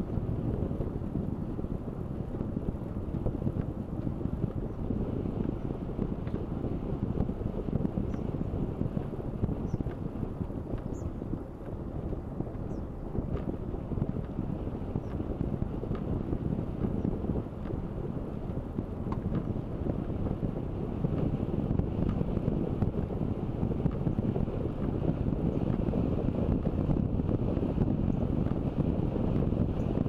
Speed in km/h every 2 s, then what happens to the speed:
24, 25, 26, 26, 26, 27, 27, 27, 27, 27, 28, 28, 29, 28, 28.
0-30 steady at about 27.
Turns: none.